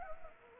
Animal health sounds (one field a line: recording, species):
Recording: mosquito wingbeat signal from an infrared sensor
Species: Anopheles arabiensis